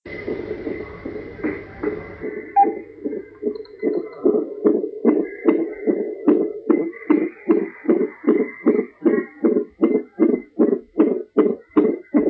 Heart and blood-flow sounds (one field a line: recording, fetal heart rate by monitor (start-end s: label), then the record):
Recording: fetal heart sounds by stethoscope on the mother's abdomen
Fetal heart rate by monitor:
0.00-10.00 s: 150 bpm
From the record:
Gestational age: 38 weeks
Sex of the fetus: boy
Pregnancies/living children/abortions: 2/1/0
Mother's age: 32 years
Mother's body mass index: 33.5